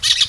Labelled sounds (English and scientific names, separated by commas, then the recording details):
Brown-throated Parakeet (Eupsittula pertinax) contact call
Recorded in Venezuela
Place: Guárico; Corozopando; Fundo La Fe
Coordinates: 8.506, -67.593